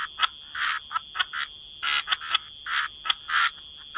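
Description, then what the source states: Frogs croaking, short raspy notes and longer buzzy calls in scattered bursts, over a steady high-pitched background tone. Frog chorus.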